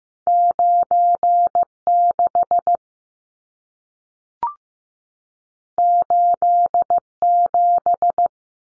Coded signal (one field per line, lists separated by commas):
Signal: Morse code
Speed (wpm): 15 wpm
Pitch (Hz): 700 Hz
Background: none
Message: 96 87